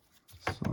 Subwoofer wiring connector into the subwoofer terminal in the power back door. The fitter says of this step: So insert it until it clicks.